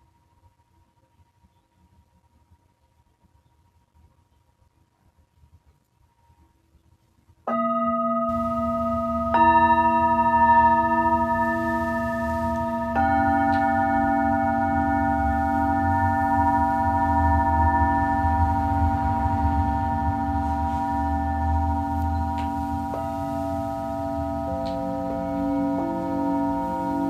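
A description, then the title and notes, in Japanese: Tibetan singing bowls ring out after about seven seconds of near silence with only a faint thin tone. Struck bowls enter at once, then more layer in around 9, 13 and 23 seconds, building a steady, shimmering chord over a low hum. 深夜のシンギングボウルのサウンドヒーリング。チベタンシンギングボウル。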